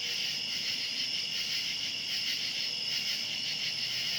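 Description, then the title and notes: Cicadas buzz continuously at a high pitch, a dense whirring wall of sound with faint regular pulsing and no other clear sounds. Outdoors at night. "Ext. Cicadas, Night by Bandeto"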